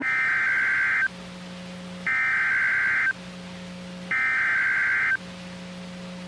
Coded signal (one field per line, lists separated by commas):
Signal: Emergency Alert System (SAME) tones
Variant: header bursts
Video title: Six Severe Thunderstorm Warnings (EAS 2328-2333) 6/10/23